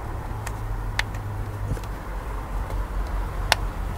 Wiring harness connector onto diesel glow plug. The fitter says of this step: voilà on entend le petit clip ce